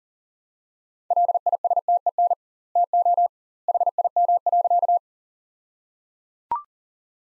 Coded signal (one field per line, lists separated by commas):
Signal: Morse code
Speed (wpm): 37 wpm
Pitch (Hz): 700 Hz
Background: none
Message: LISTEN TO HIM.